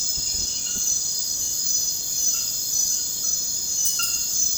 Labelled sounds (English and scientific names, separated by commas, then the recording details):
none
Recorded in dense forest near Puerto Asís, Putumayo, Colombia, on 19 February 2024 at 03:00
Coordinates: 0.472, -76.329
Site G6394